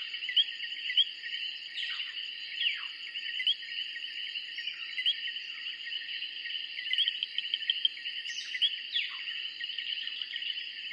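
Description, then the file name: Tree frog chorus: a steady, shrill wall of sound with scattered short chirps and occasional falling whistled notes. Recorded in 2003. "tree frogs copyright edboakes"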